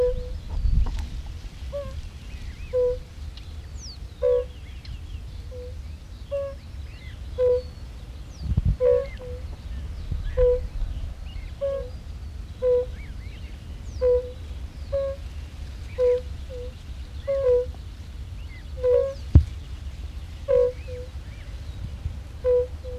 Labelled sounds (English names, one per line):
Fire-Bellied Toad call